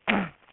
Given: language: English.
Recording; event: throat vibration sensor signal played as sound; throat clearing